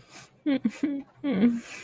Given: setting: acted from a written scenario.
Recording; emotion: vocal sound without words; sadness